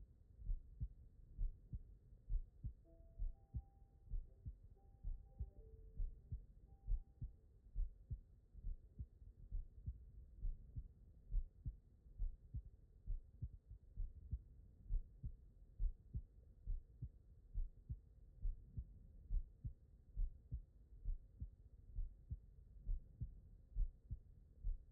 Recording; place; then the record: heart sounds by stethoscope; aortic valve (AV)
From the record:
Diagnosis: non-HFrEF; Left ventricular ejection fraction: 67%